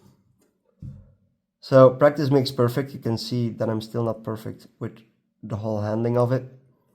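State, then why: Not seated. While a new strap is fitted to a 38mm steel Hamilton Khaki Field watch, faint, brief handling sounds come from the strap's quick-release spring bar being worked toward the case lug, and then someone talks. The spring bar has not clicked into the lug hole yet, so nothing has seated.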